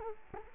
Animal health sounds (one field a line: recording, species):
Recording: mosquito wingbeat signal from an infrared sensor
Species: Culex quinquefasciatus